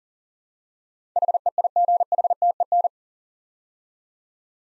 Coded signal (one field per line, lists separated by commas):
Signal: Morse code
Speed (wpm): 38 wpm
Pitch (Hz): 700 Hz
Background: none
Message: HEIGHTEN